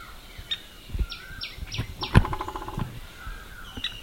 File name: Dendrocopos macei - Fulvous-breasted Woodpecker